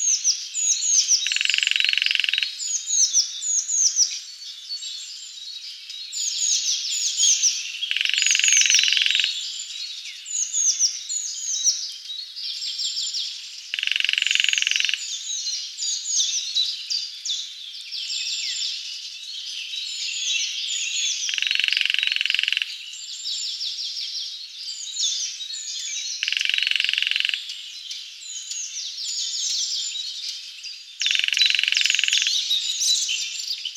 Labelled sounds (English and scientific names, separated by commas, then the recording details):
Lesser Spotted Woodpecker (Dendrocopos minor) drumming
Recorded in the wild
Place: Waltershofen / Freiburg im Breisgau, Baden-Württemberg, DE
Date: 2004-04-30
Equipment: MiniDisc Sharp MT 20 H
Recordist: Schwarz, Dieter